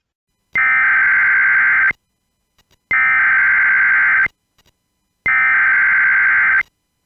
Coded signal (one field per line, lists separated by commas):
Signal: Emergency Alert System (SAME) tones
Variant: header bursts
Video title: Emergency Alert System: Education For Kids